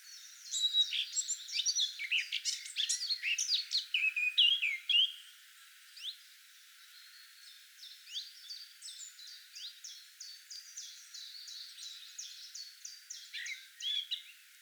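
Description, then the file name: Eurasian blackcap song: an energetic scratchy warble, a short pause, then a long series of quick chirps with a final flourish. "Sylvia atricapilla"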